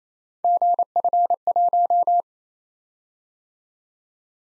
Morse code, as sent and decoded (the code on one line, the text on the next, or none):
--. ..-. .----
GF1